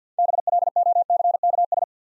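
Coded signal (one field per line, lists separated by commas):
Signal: Morse code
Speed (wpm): 52 wpm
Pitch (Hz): 700 Hz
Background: none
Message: BLOCKS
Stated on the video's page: Morse practice at 50 wpm: easy words, each with a context hint for copying.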